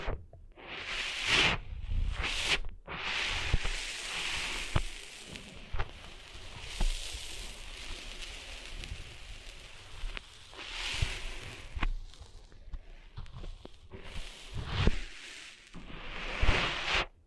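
Sand being cleaned out of ears: a continuous bright, gritty rustling and scratching that swells into louder scraping bursts near 1, 4, 11, 15 and 17 seconds. Low muffled thumps and brief clicks break in irregularly throughout.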